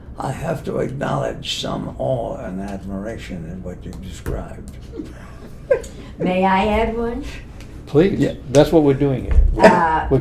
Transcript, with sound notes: I have to acknowledge some awe and admiration in what you described. [laughs]
May I add one?
Please, that’s what we’re doing here.
Yeah.